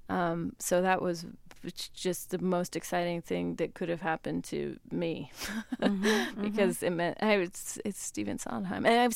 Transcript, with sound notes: So that was just the most exciting thing that could have happened to me (laughter) because it meant it's Stephen Sondheim.